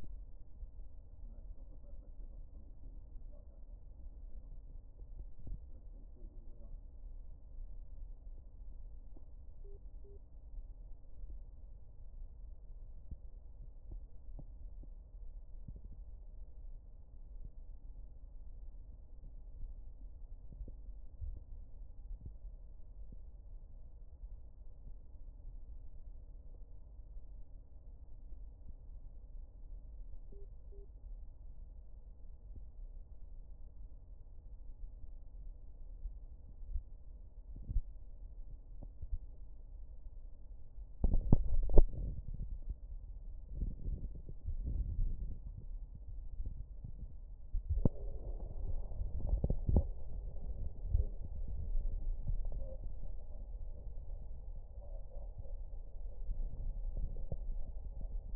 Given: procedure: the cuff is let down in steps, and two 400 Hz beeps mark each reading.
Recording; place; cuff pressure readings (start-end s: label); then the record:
Korotkoff sounds by stethoscope; brachial artery, at the lower edge of an arm cuff
9.64-10.17 s: 140 mmHg
30.32-30.85 s: 130 mmHg
From the record:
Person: healthy adult, 24 to 32 years, lying on the back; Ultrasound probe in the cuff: proximal